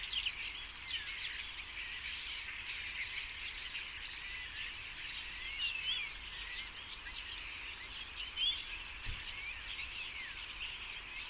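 Common starling flock calls, a dense, busy mix of clicks, squeals and short whistles running without pause for the whole stretch.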